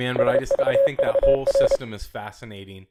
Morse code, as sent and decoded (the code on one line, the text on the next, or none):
... ...- ...- .-.
SVVR